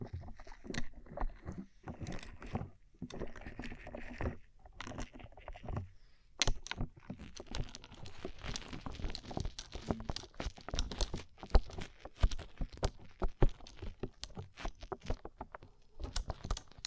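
Tapping on a rhinestone-covered surface, a stream of sharp, bright clicks and small knocks. For the first six seconds the taps come in loose bursts with short pauses; after that they grow dense and rapid, clattering almost without break to the end.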